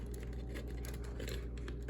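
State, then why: Not seated. A plastic tail piece is handled and lined up with the square peg on a Hammond Collection Tyrannosaurus Rex dinosaur figure body, ready to be pushed in until it snaps. Only small, light plastic handling taps and rustles are heard over a steady low hum. The tail has not snapped into place yet.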